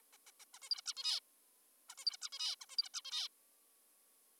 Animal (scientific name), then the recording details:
Taeniopygia guttata. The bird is an adult. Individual g19o3U